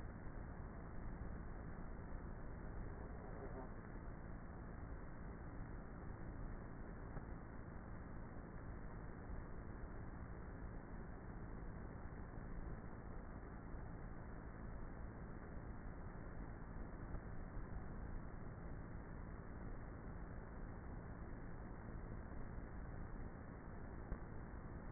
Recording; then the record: honeybee colony, microphone inside the hive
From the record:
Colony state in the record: queenless with a low population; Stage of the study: before two queens were removed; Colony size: about 30,000 bees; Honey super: no